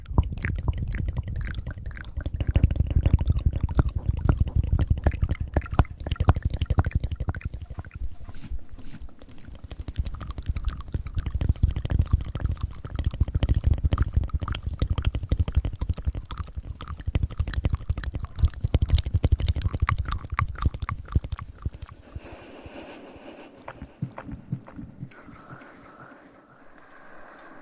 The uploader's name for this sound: ASMR Fast Mouth Sounds